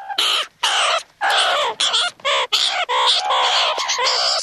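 Meerkat squawks: a run of many loud, harsh calls of varying length, following each other with only brief gaps.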